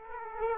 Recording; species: mosquito wingbeat signal from an infrared sensor; Aedes aegypti